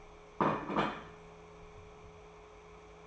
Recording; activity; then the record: daily activity, microphone in the room; place plate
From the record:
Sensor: 1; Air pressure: 1015.1 hPa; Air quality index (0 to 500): 200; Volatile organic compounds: 24 ppm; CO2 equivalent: 2819 ppm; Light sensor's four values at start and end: 10/25/10/11 and 15/36/15/17